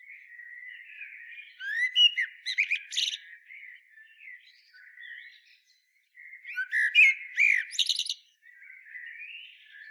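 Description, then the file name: Common blackbird song: quiet low warbling running into louder fluted notes and high squeaky twitters, repeated twice with a brief gap. "Turdus merula"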